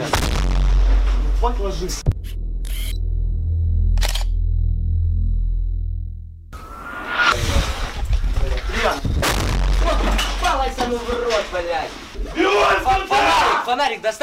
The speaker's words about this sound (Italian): Questi sono i rumori di una guerra che non c'è, questi sono i rumori di un conflitto in Europa che è sparito, come si dice, dai nostri radar o dai nostri orizzonti